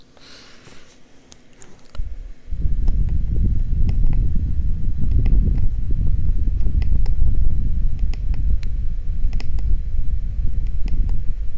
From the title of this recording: Ear Tapping & Scratching